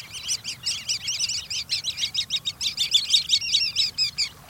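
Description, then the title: Sanderling calls: rapid, sharp, high twittering chips in a steady chatter. Small sandpipers feeding on winter shores, following waves in and out and probing the swirling sand for prey at the wave edge. "Dining with Sanderlings"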